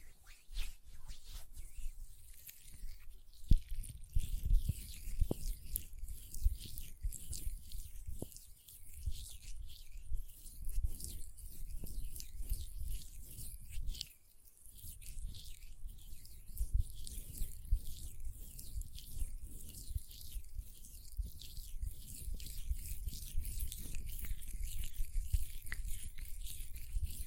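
Hand sounds with lotion: a continuous wet, crackling rub full of fine bright squelches and clicks, with a soft low rumble underneath. The texture stays dense throughout, with a few sharper taps, and briefly thins out around fourteen seconds before resuming.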